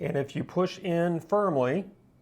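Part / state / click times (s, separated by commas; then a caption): wiring harness Deutsch DT connector into LED auxiliary light connector / not seated / none. Someone talks while a sealed Deutsch DT plastic connector on an ARC Lighting wiring harness is pushed firmly toward the mating connector on a Concept LED pod auxiliary high beam light. The clip ends before the connector goes home: nothing has seated or clicked yet.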